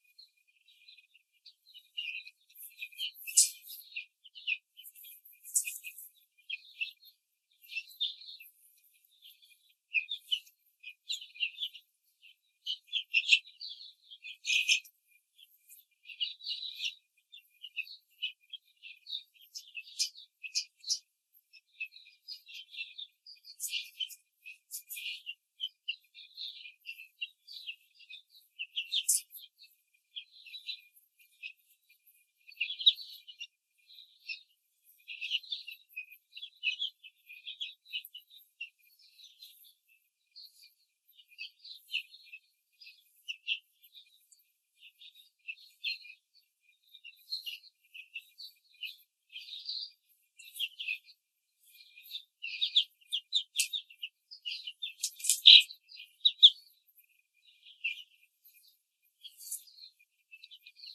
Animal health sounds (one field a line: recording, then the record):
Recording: young laying hens in a cage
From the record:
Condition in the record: control cage, before the stress test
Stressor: none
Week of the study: 4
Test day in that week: 1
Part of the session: 3